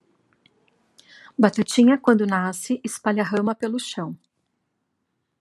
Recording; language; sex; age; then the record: short text; Brazilian Portuguese; female; 40 to 49 years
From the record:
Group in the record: control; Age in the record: 49 years